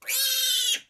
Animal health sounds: pig call; piglet (1 to 25 days)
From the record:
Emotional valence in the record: negative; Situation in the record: restrain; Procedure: back test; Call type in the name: high-frequency call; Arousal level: low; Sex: male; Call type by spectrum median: high-frequency call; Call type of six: high-frequency stable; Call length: 0.90 s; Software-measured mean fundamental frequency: 507 Hz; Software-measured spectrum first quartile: 3494 Hz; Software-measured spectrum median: 5423 Hz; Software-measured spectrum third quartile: 9013 Hz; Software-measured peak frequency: 3667 Hz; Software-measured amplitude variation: 129 dB a second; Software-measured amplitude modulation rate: 18.8 a second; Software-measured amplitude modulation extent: 6.8 dB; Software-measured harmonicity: 5.8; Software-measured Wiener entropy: -2.32

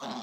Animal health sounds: pig call; piglet (1 to 25 days)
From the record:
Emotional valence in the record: negative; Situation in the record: short isolation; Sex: male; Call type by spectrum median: low-frequency call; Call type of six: low-frequency tonal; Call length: 0.23 s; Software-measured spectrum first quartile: 489 Hz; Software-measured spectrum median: 1001 Hz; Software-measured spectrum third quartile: 2733 Hz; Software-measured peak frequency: 235 Hz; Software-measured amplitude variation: 83 dB a second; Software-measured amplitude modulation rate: 24.0 a second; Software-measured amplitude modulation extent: 3.4 dB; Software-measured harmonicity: 1.2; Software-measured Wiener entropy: -1.87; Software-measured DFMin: 1074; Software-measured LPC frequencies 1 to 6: 761, 3537, 4123, 4998, 5805, 7711 Hz

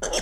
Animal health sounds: pig call; piglet (1 to 25 days)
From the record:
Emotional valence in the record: negative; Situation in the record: long isolation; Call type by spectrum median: low-frequency call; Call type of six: mixed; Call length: 0.22 s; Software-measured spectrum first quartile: 576 Hz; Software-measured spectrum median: 2350 Hz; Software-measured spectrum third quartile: 5521 Hz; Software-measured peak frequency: 536 Hz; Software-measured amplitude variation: 111 dB a second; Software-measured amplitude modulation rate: 20.8 a second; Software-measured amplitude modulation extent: 5.3 dB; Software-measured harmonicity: 2.2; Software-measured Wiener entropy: -2.85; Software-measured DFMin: 905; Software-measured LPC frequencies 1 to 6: 582, 1530, 2940, 3325, 4516, 5494 Hz

